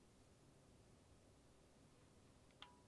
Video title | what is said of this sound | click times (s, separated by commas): Garage Stream - 10th Jan 2025 | got to click it was very very low with that one just | 2.6 s